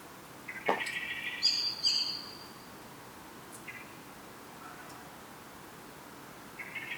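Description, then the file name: Common blackbird: a sharp click and scratchy lower notes run into a short high, thin burst, then a few faint soft notes over steady background hiss. "Turdus merula"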